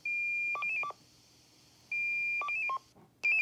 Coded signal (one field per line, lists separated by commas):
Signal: five-tone selective call